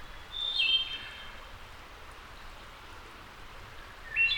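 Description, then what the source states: Wood thrush song: one liquid whistled phrase dropping in pitch, a pause, then the opening notes of the next phrase, with steady hiss throughout. Labelled as a return.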